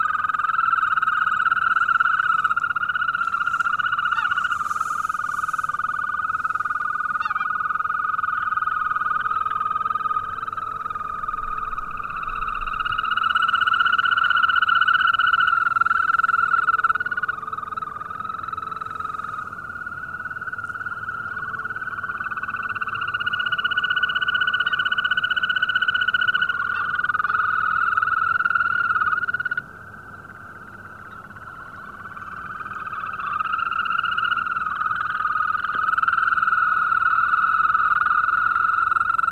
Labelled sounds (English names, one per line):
Green Toad